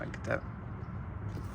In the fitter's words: get that in there just like that. I didn't hear a clicking sound or nothing.